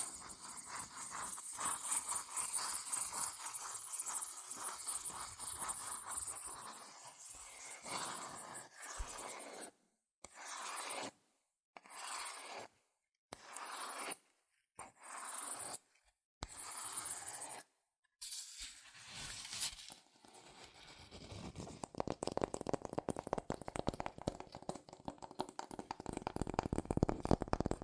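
Fast tapping, scratching and tracing on cardboard and paper, a dense crackly texture for the first nine seconds. From about 10 to 20 seconds it breaks into short bursts separated by brief silences. After 21 seconds a rougher, louder continuous scratching fills the rest.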